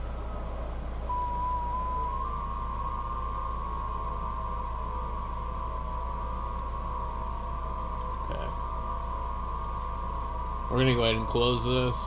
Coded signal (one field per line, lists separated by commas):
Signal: FT8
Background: speech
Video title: i think ft8 software possibly is shady 🤔